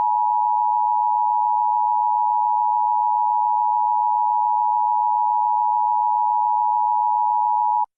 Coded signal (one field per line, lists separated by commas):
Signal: Emergency Alert System (SAME) tones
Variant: 853 and 960 Hz attention tone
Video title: EAS Reenactment Mock: IT'S FOR CABARRUS COUNTY IN THE PIEDMONT OF NORTH CAROLINA... - JUN 25 2018